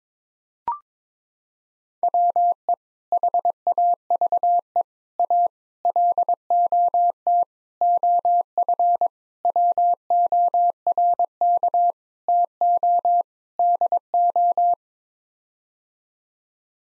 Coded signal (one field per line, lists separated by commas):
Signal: Morse code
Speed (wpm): 22 wpm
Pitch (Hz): 700 Hz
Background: none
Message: WE HAVE A LOT OF WORK TO DO